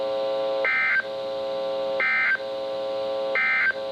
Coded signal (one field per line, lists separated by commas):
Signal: Emergency Alert System (SAME) tones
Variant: end-of-message bursts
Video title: Severe Thunderstorm Warning (EAS #1,827) - 7/12/18